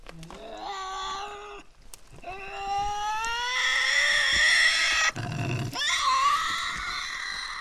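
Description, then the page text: Tasmanian devil screeching calls: long harmonic wails that rise and grow harsher and louder, interrupted by a brief rough rasping burst. Resident devils in an enclosure at the Devils@Cradle conservation facility, Cradle Mountain, Tasmania, on October 24, 2007, discussing who has priority. "Birdsong for the Curious Naturalist. Tasmanian devil. Inside an enclosure at the world-class conservation facility at Cradle Mountain, Tasmania"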